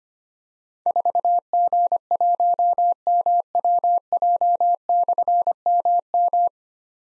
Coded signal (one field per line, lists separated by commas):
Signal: Morse code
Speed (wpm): 25 wpm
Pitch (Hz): 700 Hz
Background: none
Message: 4G1MWJ/MM